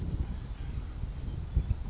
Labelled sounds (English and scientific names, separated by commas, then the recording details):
California Towhee (Melozone crissalis)
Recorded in Sonoma County, California